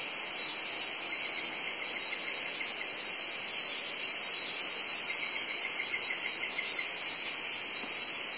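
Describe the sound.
Cicadas producing an unbroken high, hissing drone that holds an even level throughout, with a faint background wash below it.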